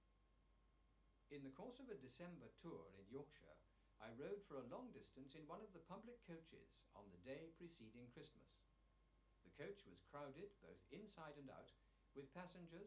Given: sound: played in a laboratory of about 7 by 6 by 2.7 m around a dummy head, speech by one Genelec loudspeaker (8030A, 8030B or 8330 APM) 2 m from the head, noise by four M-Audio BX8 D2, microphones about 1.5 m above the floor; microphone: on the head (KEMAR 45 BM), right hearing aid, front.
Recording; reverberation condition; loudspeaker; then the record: male speech in English; low; 150 degrees to the right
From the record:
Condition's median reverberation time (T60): about 310 ms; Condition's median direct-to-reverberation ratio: about 3.5 dB